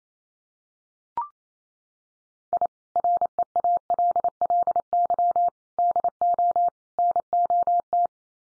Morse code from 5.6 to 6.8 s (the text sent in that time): DO